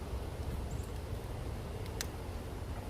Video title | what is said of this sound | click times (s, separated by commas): Replacing the Ignition Coil Lead wire on a 2004 Hummer H2. Just a girl who's Fed Up! | Okay, that was a click. | 2.0 s